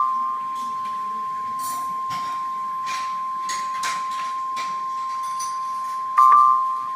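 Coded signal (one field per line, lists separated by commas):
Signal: Emergency Alert System (SAME) tones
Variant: 1050 Hz attention tone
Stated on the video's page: Tornado warning alert captured from NOAA weather radio station WXJ57, Northern Indiana forecast office.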